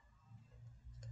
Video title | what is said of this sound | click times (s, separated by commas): Tugas3_D_2217051087_Jhon V Nababan_KomdatJarkom | ke dalam mulut tang crimping dan jepit sampai mengeluarkan suara klik. | 1.0 s